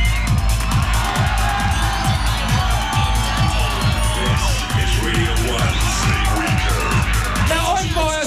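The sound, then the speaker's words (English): At London Nightclub in Scotland, a large crowd screams and cheers in a dense, continuous roar, layered over loud music with a steady, pounding low beat throughout. “We're at London Nightclub, and it doesn't take a brain surgeon and somebody of a high IQ to realise that there's rather a lot of screaming people here.”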